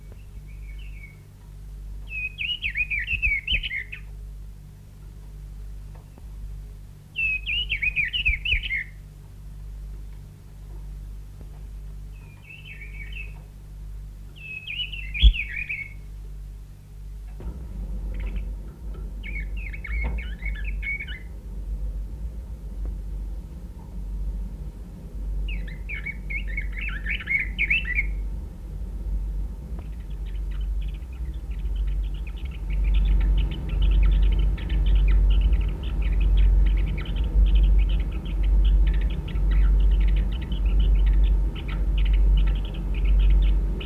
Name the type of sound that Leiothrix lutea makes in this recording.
song